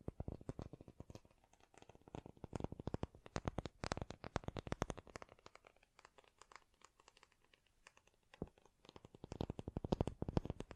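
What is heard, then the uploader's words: Quick tapping sounds come in dense, uneven bursts, close and crisp with a hollow low thump beneath each hit. The taps run busily for the first five seconds, thin out into a quieter sparse stretch, then pick up again strongly near the end. ASMR Great Tapping Sounds for Sleep (No Talking).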